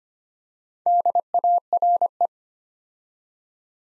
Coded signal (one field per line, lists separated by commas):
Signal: Morse code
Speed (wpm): 25 wpm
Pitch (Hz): 700 Hz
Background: none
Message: DARE